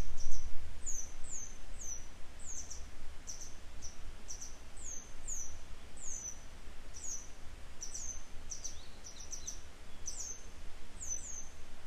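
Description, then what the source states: Grey wagtail chirping steadily: a long run of sharp, high, slightly falling notes, roughly two or three a second, over a low background rumble. A pair of grey wagtail parents still searching for their young today; follow-up report.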